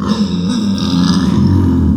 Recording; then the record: squeal of a Yucatan mini pig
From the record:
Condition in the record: after surgery on the right vocal fold (resection and tissue-engineered implant); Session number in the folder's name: 13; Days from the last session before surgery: 113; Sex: female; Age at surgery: 19 weeks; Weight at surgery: 25 kg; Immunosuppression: prednisolone